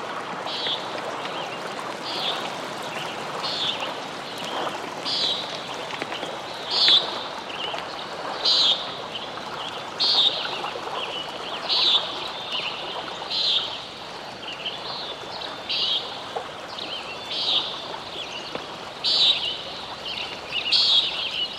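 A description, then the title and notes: Dawn chorus at a wildlife area: bright bird calls repeat every second or two over a steady, dense wash of lower calls and croaks. Dawn, just before a summer sunrise at Sauvie Island Wildlife Area... blue quail, ring neck doves, redwing blackbirds, bull frogs, pacific chorus frogs.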